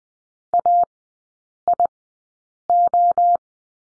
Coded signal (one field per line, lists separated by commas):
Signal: Morse code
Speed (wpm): 20 wpm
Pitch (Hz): 700 Hz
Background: none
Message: AIO